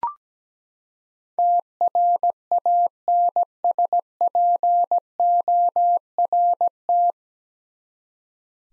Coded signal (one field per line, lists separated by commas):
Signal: Morse code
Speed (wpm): 17 wpm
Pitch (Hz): 700 Hz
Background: none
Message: TRANSPORT